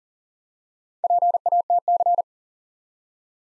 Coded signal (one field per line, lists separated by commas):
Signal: Morse code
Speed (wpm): 40 wpm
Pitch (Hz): 700 Hz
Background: none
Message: PATC